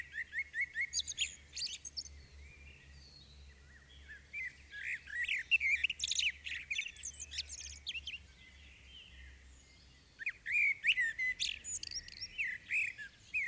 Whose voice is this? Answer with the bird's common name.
Common Blackbird